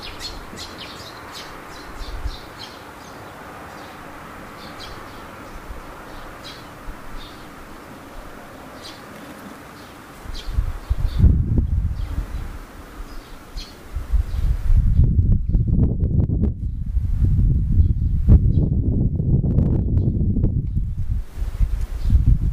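Birds chirp faintly and sparsely over a quiet hum for ten seconds, then loud low rumbling and rustling swell and dominate to the end.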